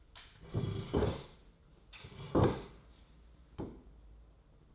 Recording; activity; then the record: daily activity, microphone in the room; sit down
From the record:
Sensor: 3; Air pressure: 995.9 hPa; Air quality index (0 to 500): 246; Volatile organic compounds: 1000 ppm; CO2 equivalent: 6277 ppm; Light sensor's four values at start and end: 37/89/39/42 and 39/94/41/44